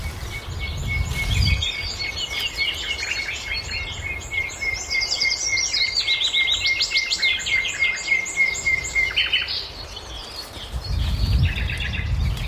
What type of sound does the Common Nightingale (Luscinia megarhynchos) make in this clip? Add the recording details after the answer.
song. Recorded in the wild. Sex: male. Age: adult. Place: Karower Teiche, Berlin, DE. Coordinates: 52.6222, 13.46. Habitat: pond. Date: 1988-05-01. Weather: fair, 16°C. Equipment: Nagra SN, Kopie Tesla B 116. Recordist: Tembrock, Günter